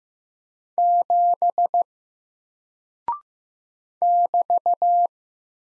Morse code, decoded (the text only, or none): 7 <BT>